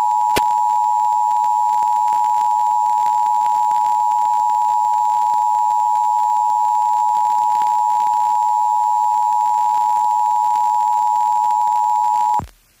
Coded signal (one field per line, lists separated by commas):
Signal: Emergency Alert System (SAME) tones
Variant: 853 and 960 Hz attention tone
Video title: Super Mario ADVANCE 4 Game boy Advance Super Mario Bros 3 Emergency Alert System Nuclear Bomb